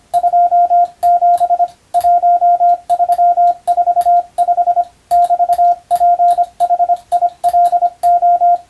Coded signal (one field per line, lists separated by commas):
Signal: Morse code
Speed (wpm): 25 wpm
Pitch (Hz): 700 Hz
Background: radio noise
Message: 27 1345 <BT>PHILO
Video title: 無線従事者国家試験総合無線通信士電気通信術のトレーニングにＣＷを打ってみました。アマチュア無線ハムの受信練習にもどうぞ(morse code practice for radio operator )